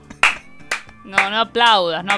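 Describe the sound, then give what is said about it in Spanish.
A handful of sharp, irregular hand claps ring out, spaced unevenly across two seconds, mixed with high, drawn-out vocal sounds from a voice without clear words. “No aplaudas.”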